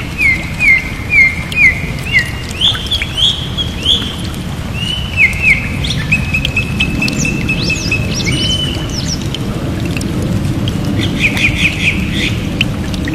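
Steady rain patters over a low, constant rumble while a bird repeats bright, sliding chirps throughout, with a second flurry near the end.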